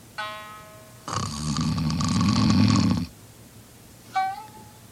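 An adult actor imitates one long, loud, rasping snore lasting about two seconds, framed by brief tonal sounds before and after.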